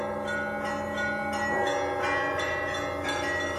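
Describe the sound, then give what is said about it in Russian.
Heavy, costly church bells ring at night across a moonlit monastery garden in a dense, overlapping peal, deep resonant tones layered with bright ringing overtones, struck repeatedly with fresh clangs about every second and sustaining steadily throughout. “Когда архиерей садился в карету, чтобы ехать домой, то по всему саду, освещенному луной, разливался веселый, красивый звон дорогих тяжелых колоколов.”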